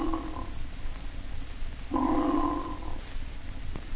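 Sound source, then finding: Man imitating a snore. Snoring.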